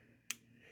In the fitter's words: it comes and snaps right in.